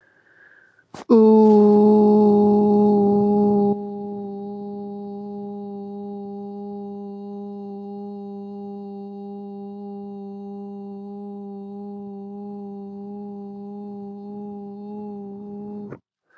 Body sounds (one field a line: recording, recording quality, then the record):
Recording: sustained vowel as in boot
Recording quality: excellent, no background noise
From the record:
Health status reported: recovered from COVID-19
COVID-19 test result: positive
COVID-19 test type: RT-PCR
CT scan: not taken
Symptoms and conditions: cough, cold, fatigue, loss of smell and taste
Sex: female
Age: 19 years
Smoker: no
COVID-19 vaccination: both doses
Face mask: worn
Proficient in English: yes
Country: India